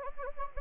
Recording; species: mosquito wingbeat signal from an infrared sensor; Anopheles gambiae